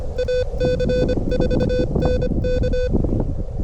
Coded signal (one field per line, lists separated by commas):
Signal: Morse code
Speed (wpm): 26 wpm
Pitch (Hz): 500 Hz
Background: none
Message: AC4NK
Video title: The Wind Is A Hater! First Full POTA Activation At 25 WPM 🔥 Steady Climbing The Morse Code Ladder